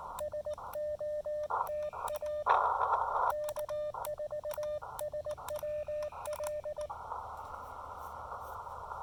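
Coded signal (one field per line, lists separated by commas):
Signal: Morse code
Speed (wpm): 18 wpm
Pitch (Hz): 590 Hz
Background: radio noise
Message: SOTA K4SWL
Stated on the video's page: Summit activation on an Elecraft KX2 with a PackTenna 9:1 antenna, contacts with four countries and eight states.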